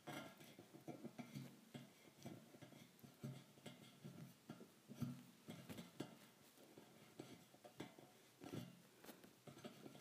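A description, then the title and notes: Thin metal bars are tapped in a quick, uneven run of light clinks, with steady activity throughout and no long pauses. Some strikes ring briefly with a bright, thin tone, and a faint low rustle lies under the taps. ASMR Tapping Thin Metal Bars.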